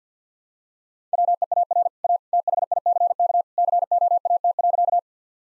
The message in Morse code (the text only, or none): WEAR A THICK COAT.